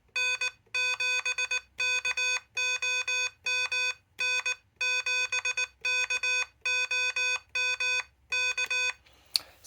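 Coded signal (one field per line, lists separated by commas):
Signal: Morse code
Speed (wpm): 19 wpm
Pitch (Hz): 2500 Hz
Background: none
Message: N7KOM N7KOM K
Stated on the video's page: Morse sent on third-party and stock paddles with the Elecraft KH1 radio.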